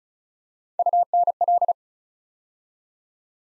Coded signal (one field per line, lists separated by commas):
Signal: Morse code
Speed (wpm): 36 wpm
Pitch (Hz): 700 Hz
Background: none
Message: UNL